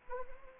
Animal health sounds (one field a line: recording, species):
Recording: mosquito wingbeat signal from an infrared sensor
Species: Anopheles arabiensis